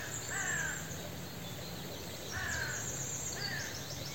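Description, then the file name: Carrion crow giving harsh, hoarse caws, three spaced over four seconds, the last two closer together, with faint high chirps of small birds and steady background noise. "Corvus corone"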